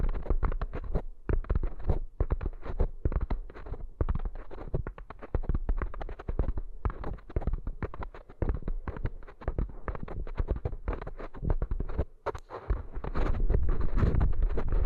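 Eardrum treatment: a dense, continuous crackle of rapid, irregular pops and rubbing, heaviest in the low range and muffled on top. It stays busy throughout, dipping briefly around twelve seconds before returning fuller and louder toward the end.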